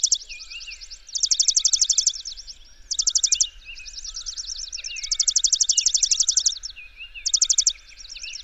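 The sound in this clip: Bird singing dense, high, rattling trills in loud bursts broken by short pauses, with some sliding chirps mixed among the rapid notes.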